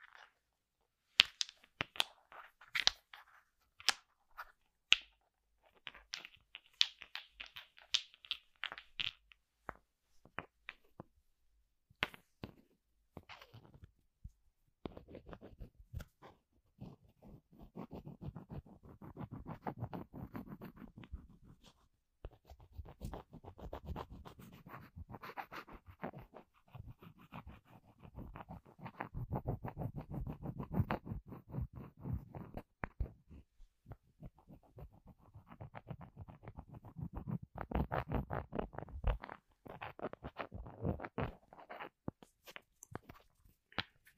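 Household objects being handled, with sharp clicks and taps scattered through the first fifteen seconds and a brighter rasping patch around five to nine seconds. After that, dense scratching and rubbing runs almost continuously, low and grainy, swelling in bursts until the end.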